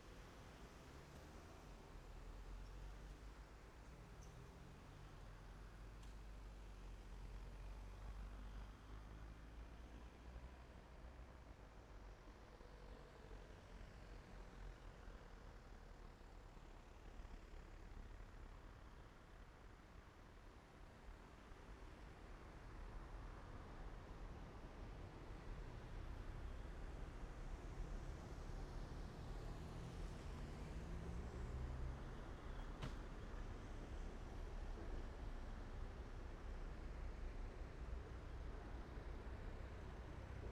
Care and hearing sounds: everyday scene through a hearing-aid microphone; in traffic; traffic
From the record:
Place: main road on the outskirts, rush hour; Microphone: behind the ear, right, front

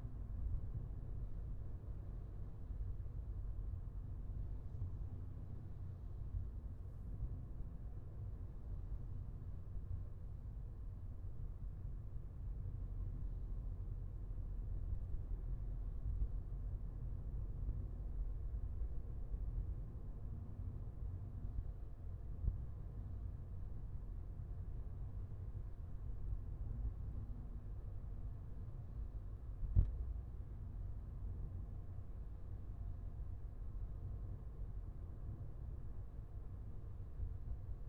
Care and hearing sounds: everyday scene through a hearing-aid microphone; in a vehicle; engine, traffic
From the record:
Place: Skoda Fabia, gasoline engine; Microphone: behind the ear, left, rear

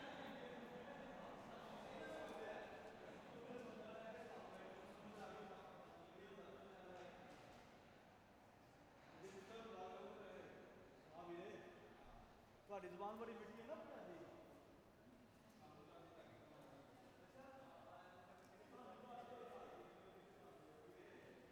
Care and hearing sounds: everyday scene through a hearing-aid microphone; reverberant space; background noise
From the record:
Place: railway station hall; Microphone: behind the ear, right, front

